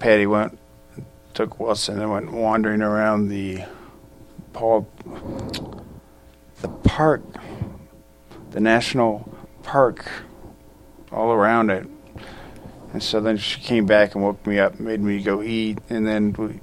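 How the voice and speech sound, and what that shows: An adult man, a stroke survivor with aphasia, recounts a day out in halting phrases with frequent pauses, substituting a wrong word before finding the right one and repeating it ('the Paul, the park, the national park'). These word-finding errors and self-corrections fit aphasia after stroke.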